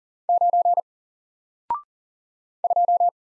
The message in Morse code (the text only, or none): 9 2